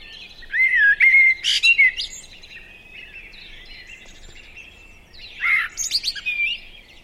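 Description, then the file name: Eurasian blackbird song: a fluted warble ending in a high squeaky twitter, then a second phrase a few seconds later, with faint birdsong behind. "Turdus merula"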